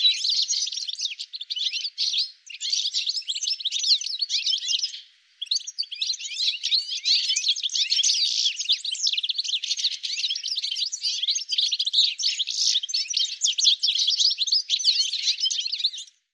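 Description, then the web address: Bird calls in a dense, continuous chatter of high, scratchy chirps, overlapping rapidly for the whole stretch with two brief gaps in the first third. "cianscape birddata"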